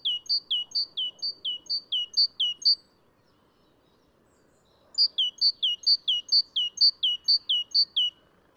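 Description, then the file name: Great tit song: two long runs of repeated two-note phrases, high note then lower, with a quiet background hiss between them. "Mesange charbonniere chants"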